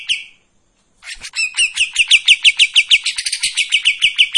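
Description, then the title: Streak-eared bulbul song: a short high note, a pause, then a fast, steady string of sharp chirped notes running to the end. Sings energetically in tembakan and long besetan styles; intended as a training song for white-rumped shamas. "KAPAS TEMBAK GACOR TEMBAKAN DAN BESETAN PANJANG MASTERAN MURAI BATU PASTOL"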